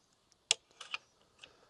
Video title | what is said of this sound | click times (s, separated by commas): Airgun Expo 2025 - Scoping Evanix Ibex X2 .45 and Hawke Airmax - Provided by NEA and Hawke Optics | whatever place that that slides into and just clicks into place and then it's done. | 0.5 s